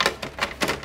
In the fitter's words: put this back on like so it snaps back into place okay it's secure